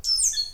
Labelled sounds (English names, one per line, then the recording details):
Stitchbird song
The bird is a male
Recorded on Tiritiri Matangi Island, New Zealand, in 2005
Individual 11, of nest box 13